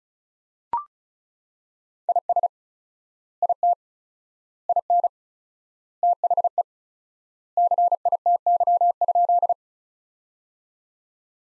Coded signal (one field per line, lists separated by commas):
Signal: Morse code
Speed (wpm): 34 wpm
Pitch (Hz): 700 Hz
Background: none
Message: IS IT IN THE CITY?